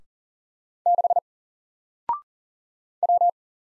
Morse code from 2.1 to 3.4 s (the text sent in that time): W